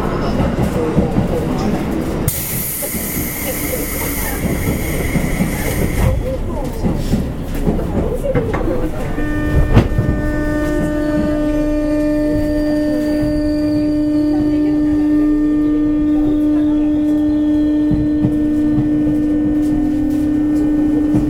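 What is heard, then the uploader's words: Inside a local electric train running along, with a steady low rumble and rattle throughout. A bright hiss rises around 2 to 6 seconds, then after about 9 seconds a sustained motor whine with layered tones sets in as the train changes speed. Faint voices murmur underneath. JR西日本 201系 大和路線 久宝寺からJR難波まで. JR西日本２０１系電車の走行音です。 大和路線の普通電車で録音しました。 It is the running sound of JR West 201 train. I recorded on the Yamatoji line's local train. The section is from Kyuhoji to JR Nammba.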